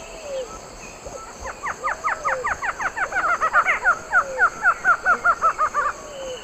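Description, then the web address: Barred antshrike duet: a rapid run of nasal notes building in loudness over about four and a half seconds, overlapped by a second bird's notes, with soft background calls. Duet, Eastern Lowlands of South America. "Natures Songs S America Eastern Lowlands. Thamnophilus doliatus, duet"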